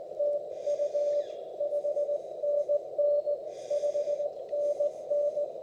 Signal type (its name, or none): Morse code